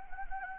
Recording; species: mosquito wingbeat signal from an infrared sensor; Anopheles gambiae